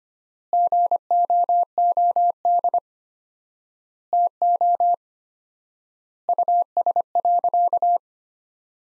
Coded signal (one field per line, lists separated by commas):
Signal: Morse code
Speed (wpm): 25 wpm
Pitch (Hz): 700 Hz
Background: none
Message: GOOD TO US.